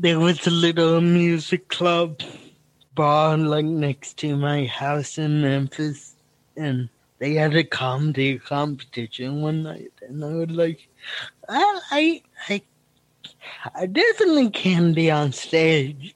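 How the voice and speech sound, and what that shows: An adult man tells a story in deliberate, effortful phrases broken by long pauses, repeating "I" before restarting, with nasal, slightly blurred consonants. This is the dysarthric speech of cerebral palsy.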